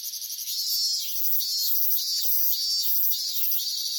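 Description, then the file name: Cicadas in a dense, shrill, high buzzing chorus, continuous, with a faint pulsing overlay. Cicadas in Tokyo during summer. "INSECT CICADAS TOKYO SUMMER"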